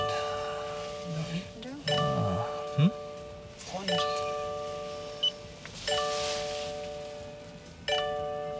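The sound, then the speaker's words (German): A car's steady electronic warning chime repeats about every two seconds, each ring a bright, sustained multi-tone note that lingers and fades, while people talk briefly at the start. “Was klingelt er denn?”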